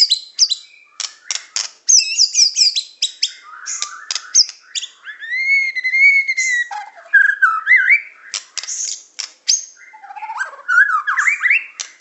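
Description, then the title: Oriental magpie-robin singing a varied, continuous song of sweet whistles, rising and falling slurs and sharp chattering notes, with brief pauses between phrases. "Kicau Kacer"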